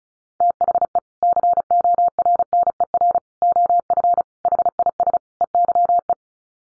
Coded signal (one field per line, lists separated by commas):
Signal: Morse code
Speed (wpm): 34 wpm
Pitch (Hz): 700 Hz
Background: none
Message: THE CORNER OF HIS EYE